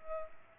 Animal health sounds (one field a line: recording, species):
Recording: mosquito wingbeat signal from an infrared sensor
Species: Culex pipiens